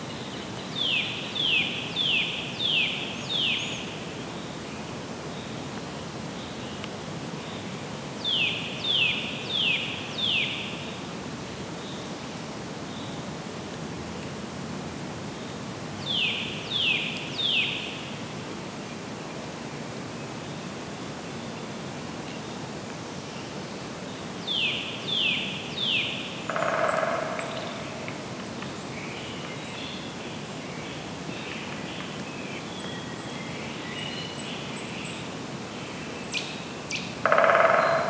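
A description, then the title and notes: Woodpeckers in the distance give short bursts of four or five quick, sharp notes, repeating roughly every six to eight seconds over a steady hiss. Faint higher chirps appear in the second half, with a brief louder knock near the end. Woodpeckers in the Distance.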